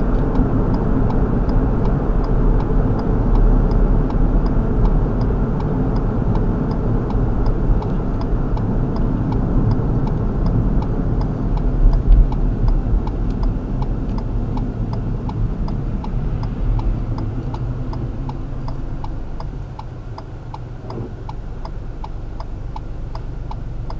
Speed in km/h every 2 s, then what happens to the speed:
56, 52, 47, 45, 42, 37, 31, 24, 11, 0, 0, 0.
0-18 slows to 0. 18-24 standing.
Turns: none.